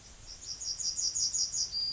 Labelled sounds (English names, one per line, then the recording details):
Yellowhammer song
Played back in grassland
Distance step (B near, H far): D
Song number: 047